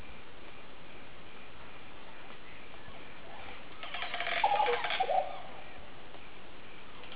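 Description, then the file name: Green oropendola delivering one gurgling phrase of bubbly, liquid notes with a short clear whistle in the middle, surrounded by quiet background. "psarocolius viridis"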